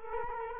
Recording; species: mosquito wingbeat signal from an infrared sensor; Culex quinquefasciatus